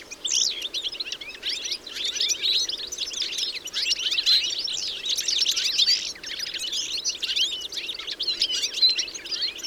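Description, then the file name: European goldfinch chattering: a constant crowd of thin, bright, tumbling chirps. "Carduelis carduelis"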